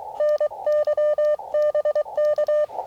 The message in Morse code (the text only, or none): NYBK